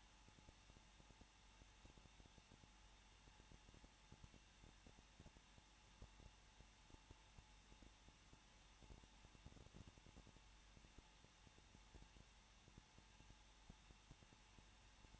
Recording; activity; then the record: daily activity, microphone in the room; no activity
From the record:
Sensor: 1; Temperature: 20.1 degrees Celsius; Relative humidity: 39.2%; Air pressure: 1006.3 hPa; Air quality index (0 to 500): 218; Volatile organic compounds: 78 ppm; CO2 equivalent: 3588 ppm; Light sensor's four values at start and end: 1/2/1/1 and 1/2/1/1